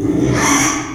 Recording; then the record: squeal of a Yucatan mini pig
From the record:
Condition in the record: after surgery on the right vocal fold (resection and tissue-engineered implant); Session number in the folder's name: 3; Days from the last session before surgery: 33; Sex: male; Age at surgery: 12 weeks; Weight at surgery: 13 kg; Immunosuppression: cyclosporine, prednisolone